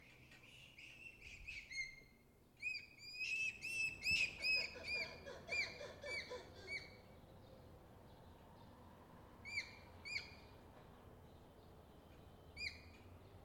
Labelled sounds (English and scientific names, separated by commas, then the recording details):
Japanese Macaque (Macaca fuscata) call, Black-and-white Ruffed Lemur (Varecia variegata)
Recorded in captivity
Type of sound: call
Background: Varecia variegata
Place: Zoo Berlin, Berlin, DE
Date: 1995-08-05
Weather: heiter, 25°C
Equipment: Nagra SN, Sennheiser ME 80, Kopie Uher 4000 Report Monitor
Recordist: Tembrock, Günter
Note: Rufe eine Juvenilen. - zwischen der Vari-Aufnahme